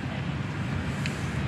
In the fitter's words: clicked it's locked so